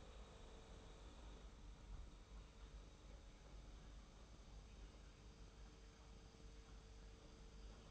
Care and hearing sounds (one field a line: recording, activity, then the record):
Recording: daily activity, microphone in the room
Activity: make coffee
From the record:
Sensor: 1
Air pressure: 991.7 hPa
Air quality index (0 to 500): 169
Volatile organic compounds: 1000 ppm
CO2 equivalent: 6359 ppm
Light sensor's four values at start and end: 32/108/42/43 and 32/108/42/43